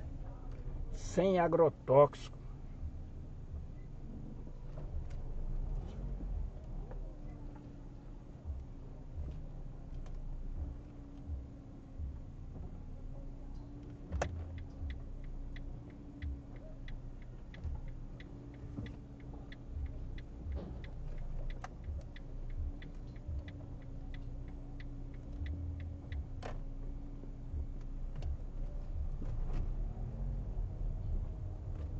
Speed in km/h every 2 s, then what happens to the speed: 2, 0, 4, 0, 0, 0, 0, 0, 0, 0, 0, 0, 0, 0, 5, 7.
0-26 standing. 26-32 pulls away to 7.